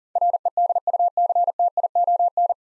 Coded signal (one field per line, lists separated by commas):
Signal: Morse code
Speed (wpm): 40 wpm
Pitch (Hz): 700 Hz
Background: none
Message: REDUCTION